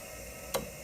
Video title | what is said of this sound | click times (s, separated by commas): Organic Chemistry Lab Experiment: HOW TO ISOLATE ESSENTIAL OILS | screw it down clockwise, and then you're gonna hear that click. | 0.5 s